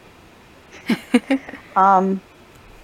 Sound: laughter